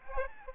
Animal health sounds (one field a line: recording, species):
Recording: mosquito wingbeat signal from an infrared sensor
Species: Aedes aegypti